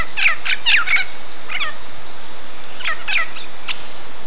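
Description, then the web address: Bird calls, short harsh squawky notes in quick clusters with pauses between bursts; a steady faint high whine runs throughout. "BIRD 2015 SABIOD 50 bird 2015"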